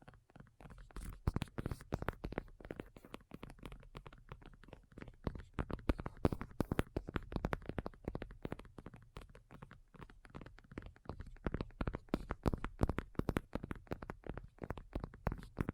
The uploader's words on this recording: ASMR Addictive Tapping. (No Talking).